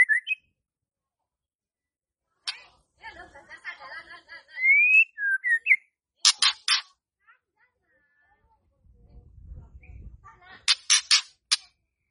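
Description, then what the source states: White-rumped shama song: a varied string of clear whistles, rising slurred notes, sharp clicks and buzzy bursts, separated by brief pauses, with a low rumbling noise near the end. Lure song to trigger stressed birds and birds that have stopped singing.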